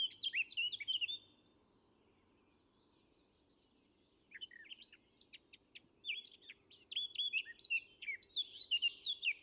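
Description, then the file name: Eurasian blackcap song: a brief warbled ending opens, followed by a quiet stretch, then a long flowing phrase of fast, varied chirps and whistles. "Sylvia atricapilla"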